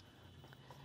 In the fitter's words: I'm going to push that until it clicks